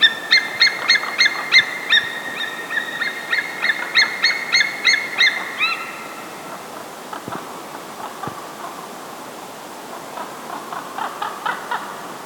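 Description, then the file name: Bird calling in quick bursts of harsh, ringing notes, about three a second for five seconds, then scattered quieter calls and a later run of softer repeated notes. "Bird Incident"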